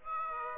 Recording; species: mosquito wingbeat signal from an infrared sensor; Aedes aegypti